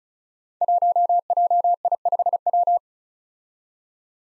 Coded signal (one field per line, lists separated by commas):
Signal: Morse code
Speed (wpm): 36 wpm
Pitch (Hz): 700 Hz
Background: none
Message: 1JI5W